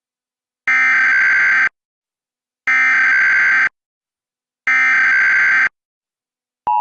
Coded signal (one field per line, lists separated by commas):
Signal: Emergency Alert System (SAME) tones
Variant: header bursts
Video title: National Periodic EAS Test on Gumball Channel (February 17, 2026)